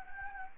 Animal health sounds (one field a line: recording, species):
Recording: mosquito wingbeat signal from an infrared sensor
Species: Anopheles gambiae